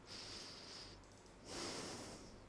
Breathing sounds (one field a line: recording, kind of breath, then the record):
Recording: one breath in and out by a microphone near the nose and mouth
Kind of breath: deep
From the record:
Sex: male